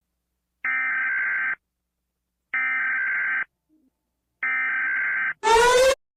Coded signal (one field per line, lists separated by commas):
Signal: Emergency Alert System (SAME) tones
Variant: header bursts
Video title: All territories EAs alarm (Old)